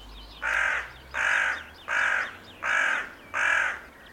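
Carrion crow cawing five times in a steady series, each harsh, hoarse caw lasting about half a second with short gaps between.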